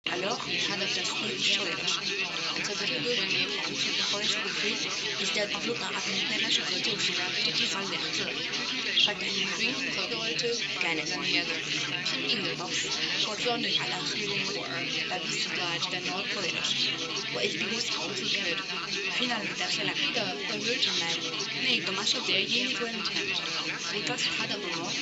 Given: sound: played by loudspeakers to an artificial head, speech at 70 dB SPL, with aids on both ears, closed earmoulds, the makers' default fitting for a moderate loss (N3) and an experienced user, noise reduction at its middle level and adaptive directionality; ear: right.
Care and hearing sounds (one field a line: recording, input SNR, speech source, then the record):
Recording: speech test signal (ISTS) in cocktail-party noise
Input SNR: -3 dB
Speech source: in front (0 degrees)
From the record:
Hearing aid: class 1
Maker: A